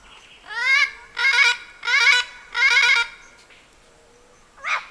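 Bird calls: four harsh, loud honking notes about every 0.6 seconds, then a pause and one brief final call.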